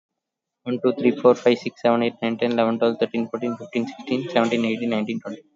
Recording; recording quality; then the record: counting at a fast pace; excellent, no background noise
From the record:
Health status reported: COVID-19 positive, mild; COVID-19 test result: positive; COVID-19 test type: RT-PCR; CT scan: not taken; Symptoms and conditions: cough, cold, sore throat, fatigue, muscle pain, loss of smell and taste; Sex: male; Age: 26 years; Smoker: no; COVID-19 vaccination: none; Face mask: worn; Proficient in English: yes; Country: India